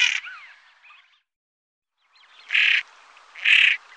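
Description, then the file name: Common pochard calls: one rasping note at the start, then a pause and two more harsh, grating calls about a second apart, with faint chatter between them. "Brunand"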